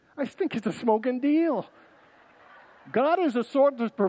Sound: congregants laugh